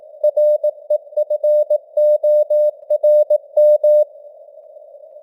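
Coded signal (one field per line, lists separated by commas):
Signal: Morse code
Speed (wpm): 18 wpm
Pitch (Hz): 600 Hz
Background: none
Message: REFORM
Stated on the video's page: Morse news headlines at 18 wpm with simulated radio noise and varying signal strength (QSB).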